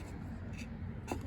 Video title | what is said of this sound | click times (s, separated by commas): How to replace the carburetor, primer bulb, and tank vent on a stihl BR600 | as you can hear it clicked in I will push it in a little bit further all right and there you go | 1.1 s